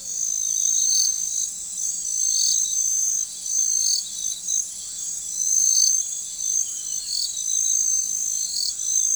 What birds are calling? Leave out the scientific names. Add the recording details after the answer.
none. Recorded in forest near Pivijay, Magdalena, Colombia, on 14 April 2023 at 00:30. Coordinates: 10.467, -74.380. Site Z5-G034